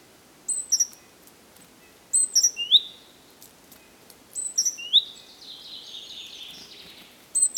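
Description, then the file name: Great tit calls: brief groups of high piping notes and slurred whistles, the third followed by a soft, wavering buzzy trail, with pauses between groups. "Parus major"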